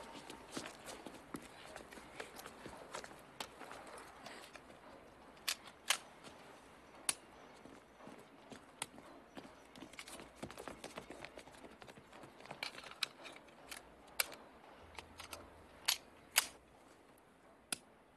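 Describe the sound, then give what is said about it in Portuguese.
Sharp mechanical clicks from a firing pin repeat at an uneven pace, some louder and crisper than others, over a faint hissing background with no voices. “Não, você não ouviria o clique se fosse a alavanca. É o percursor.”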